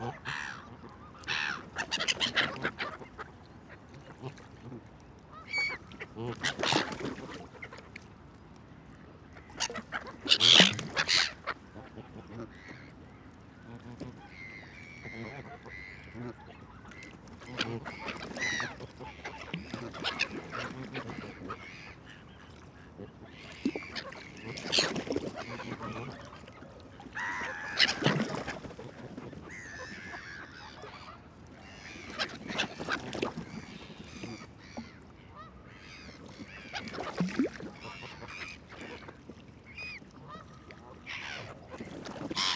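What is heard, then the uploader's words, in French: Canada geese and gulls call back and forth on the lake at Daumesnil, Bois de Vincennes, in an uneven chorus of honks and cries. Loud, sharp calls burst out every few seconds, clustered near the start and around the middle, over a steady low rumble. Lac Daumesnils - Bois de Vincennes - Paris -Nagra seven - mkh40 cardioides. Premier lever du jour 2021 dans une fraîcheur humide. Il est à peine 8 heure et le jour à bien du mal à prendre place. L'intimité des oiseaux d'eau du lac.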